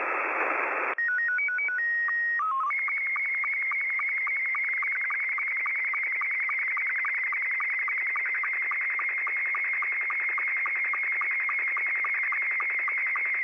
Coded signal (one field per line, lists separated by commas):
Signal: SSTV (slow-scan television)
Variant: Scottie 2